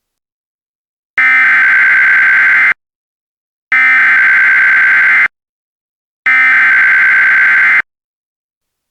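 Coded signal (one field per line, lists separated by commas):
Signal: Emergency Alert System (SAME) tones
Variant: header bursts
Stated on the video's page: Fictional EAS scenario.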